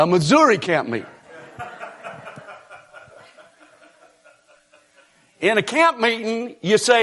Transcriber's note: laughter